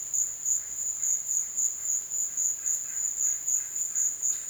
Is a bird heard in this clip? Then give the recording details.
no. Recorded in dense forest near Puerto Asís, Putumayo, Colombia, on 22 June 2025 at 14:30. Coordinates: 0.484, -76.325. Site H65